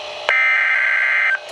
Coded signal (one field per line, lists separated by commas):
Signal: Emergency Alert System (SAME) tones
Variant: header bursts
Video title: 12-26-12: [EAS #704] High Wind Warning for Coastal NJ